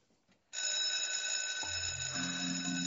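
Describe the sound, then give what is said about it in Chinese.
An exam bell bursts into loud, continuous ringing after a brief quiet moment, marking the end of an exam as the invigilator begins collecting the papers; a steady bright buzzing tone that holds without pause, with a deeper hum joining partway through. “铃声响起，监考老师开始挨个收卷子。”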